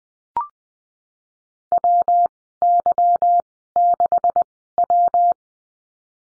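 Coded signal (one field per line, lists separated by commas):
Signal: Morse code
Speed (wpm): 20 wpm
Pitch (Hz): 700 Hz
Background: none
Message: WY6W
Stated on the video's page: Morse lesson drill on the letter G with call signs, Farnsworth speed 20/10 wpm.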